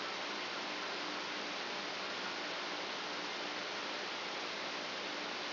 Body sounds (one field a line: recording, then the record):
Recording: brain microelectrode recording played as sound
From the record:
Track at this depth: outside the subthalamic nucleus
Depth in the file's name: 8.428 mm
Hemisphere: left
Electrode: 2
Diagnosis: Parkinson's disease